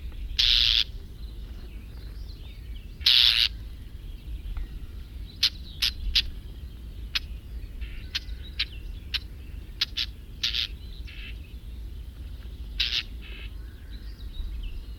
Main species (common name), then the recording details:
Common Whitethroat. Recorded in the wild. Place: Venz, Insel Rügen, Mecklenburg-Vorpommern, DE. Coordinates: 54.497, 13.302. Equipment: Nagra III BH, Sennheiser MD 21, parabola. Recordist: Schubert, Michael